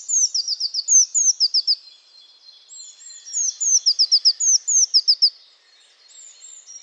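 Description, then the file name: Eurasian blue tit: bright, high-pitched notes and rapid falling chatter, two dense bursts separated by a short quieter gap with faint thin notes. "Cyanistes caeruleus"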